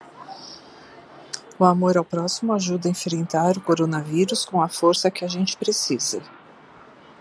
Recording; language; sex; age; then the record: spoken sentence; Brazilian Portuguese; female; 60 to 69 years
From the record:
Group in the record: control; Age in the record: 60 years